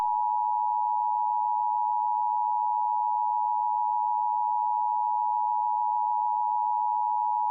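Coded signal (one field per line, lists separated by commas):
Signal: Emergency Alert System (SAME) tones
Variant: 853 and 960 Hz attention tone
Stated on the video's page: Fictional scenario alert involving a mysterious signal hijack.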